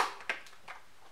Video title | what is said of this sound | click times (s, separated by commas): Nasıl Yapılır? Vizör nasıl çıkar, double d-ring ve mikrometrik 2 bağlama nasıl yapılır 'da | yerine oturduğu zaman da tık diye aşağıya doğru | 0.3 s